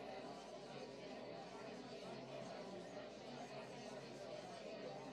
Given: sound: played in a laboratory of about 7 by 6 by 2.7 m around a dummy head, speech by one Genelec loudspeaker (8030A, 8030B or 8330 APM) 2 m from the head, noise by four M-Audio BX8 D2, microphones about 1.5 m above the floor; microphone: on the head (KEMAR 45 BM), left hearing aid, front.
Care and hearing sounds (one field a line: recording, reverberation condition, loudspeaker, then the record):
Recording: babble noise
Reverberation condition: low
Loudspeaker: four, about 170 cm from the corners of the room and facing them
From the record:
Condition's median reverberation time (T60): about 310 ms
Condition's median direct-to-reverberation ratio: about 3.5 dB